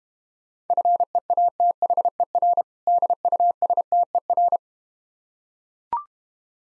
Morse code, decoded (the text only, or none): FEATHER DUSTER